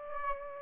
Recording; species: mosquito wingbeat signal from an infrared sensor; Aedes aegypti